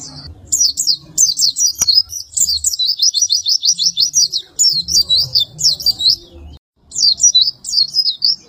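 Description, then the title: White-eye giving an extended high-pitched twittering song of quick repeated notes, a brief silence near six and a half seconds, then resuming. "Pleci"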